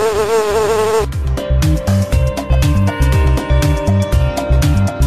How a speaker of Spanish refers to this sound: No soy florista, pero vivo entre las flores y, aunque me resista, el hombre me arrebata mis dulces labores. ¿Quién soy? ¡La abeja!